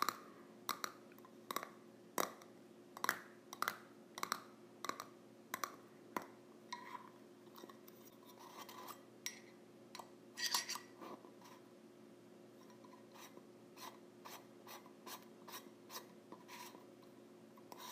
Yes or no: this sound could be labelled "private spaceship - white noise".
no